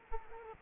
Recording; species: mosquito wingbeat signal from an infrared sensor; Culex quinquefasciatus